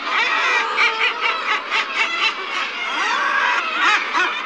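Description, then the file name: Common murre calls: a dense chorus of harsh, growling, laughing calls from many birds overlapping throughout, with no pause. "alkoun-úzkozobý"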